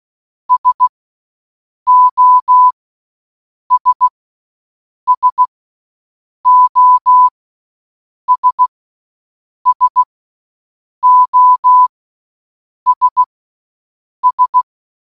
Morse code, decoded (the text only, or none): SOS SOS SOS S